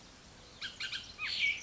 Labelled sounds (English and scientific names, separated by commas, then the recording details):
Bullock's Oriole (Icterus bullockii)
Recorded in Sonoma County, California